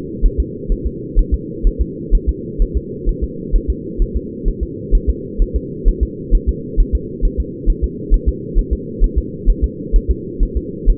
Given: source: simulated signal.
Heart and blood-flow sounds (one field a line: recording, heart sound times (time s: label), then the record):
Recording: fetal heart sounds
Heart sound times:
0.26 s: S1
0.40 s: S2
0.72 s: S1
0.87 s: S2
1.19 s: S1
1.34 s: S2
1.67 s: S1
1.81 s: S2
2.15 s: S1
2.29 s: S2
2.62 s: S1
2.77 s: S2
3.09 s: S1
3.24 s: S2
3.56 s: S1
3.70 s: S2
4.02 s: S1
4.16 s: S2
4.48 s: S1
4.63 s: S2
4.95 s: S1
5.10 s: S2
5.42 s: S1
5.56 s: S2
5.88 s: S1
6.03 s: S2
6.35 s: S1
6.49 s: S2
6.80 s: S1
6.95 s: S2
7.25 s: S1
7.40 s: S2
7.70 s: S1
7.84 s: S2
8.14 s: S1
8.28 s: S2
8.59 s: S1
8.73 s: S2
9.04 s: S1
9.18 s: S2
9.50 s: S1
9.64 s: S2
9.96 s: S1
10.11 s: S2
10.43 s: S1
10.57 s: S2
10.90 s: S1
From the record:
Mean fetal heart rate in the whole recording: 130 bpm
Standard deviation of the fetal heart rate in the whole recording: 2 bpm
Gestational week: 38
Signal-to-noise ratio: -4.1 dB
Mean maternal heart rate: no maternal heart sound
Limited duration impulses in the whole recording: absent